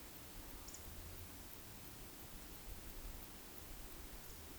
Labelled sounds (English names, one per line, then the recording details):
Eurasian Woodcock whistle
Eurasian Woodcock croak
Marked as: croak, whistle, whistle
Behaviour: display flight
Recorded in Baden-Württemberg, Germany, on 13 June 2021 at 19:58 UTC
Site 23718, 552 m above sea level